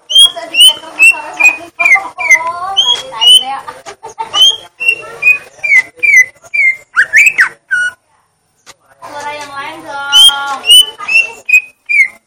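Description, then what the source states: Leafbird song: series of falling whistled notes with harmonics, steady rhythm, a wailing slurred phrase, a short pause, then more repeated whistles. Song of the gledek (thunder) style.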